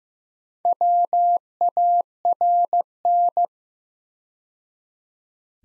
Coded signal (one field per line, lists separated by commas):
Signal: Morse code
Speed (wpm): 15 wpm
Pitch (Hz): 700 Hz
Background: none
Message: WARN